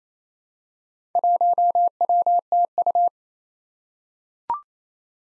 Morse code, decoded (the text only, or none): 1WTU